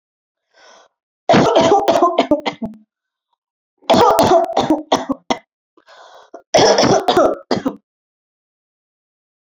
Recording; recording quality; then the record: heavy voluntary cough; excellent, no background noise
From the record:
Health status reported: healthy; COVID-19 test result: not tested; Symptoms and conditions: none ticked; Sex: female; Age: 33 years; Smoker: not ticked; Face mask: not worn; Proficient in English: yes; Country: India